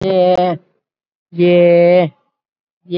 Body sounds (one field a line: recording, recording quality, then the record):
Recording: sustained vowel as in made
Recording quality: excellent, no background noise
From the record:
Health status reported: COVID-19 positive, mild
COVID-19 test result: positive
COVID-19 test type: RT-PCR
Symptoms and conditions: cough, cold, breathing difficulty, fever, fatigue, hypertension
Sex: female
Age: 68 years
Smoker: no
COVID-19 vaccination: one dose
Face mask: not worn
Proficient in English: no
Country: India